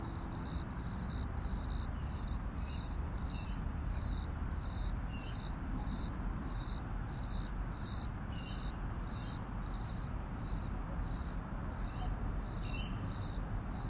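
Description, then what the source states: Cricket giving a continuous run of short, evenly spaced chirps over a low background rumble. Crickets at Plaiaundi ecological park, Irún, Spain.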